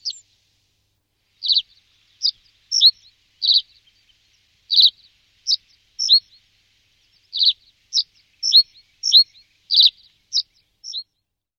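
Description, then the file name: Common reed bunting song: high, separate chirps and short note pairs delivered irregularly, with brief pauses between them, over a quiet background. "Rietgors"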